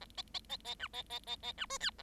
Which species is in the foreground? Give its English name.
Bengalese Finch